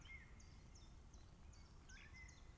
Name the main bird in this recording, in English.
Common Chiffchaff